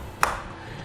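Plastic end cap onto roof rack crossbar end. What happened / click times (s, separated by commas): The end cap snapped onto the bar end / 0.2 s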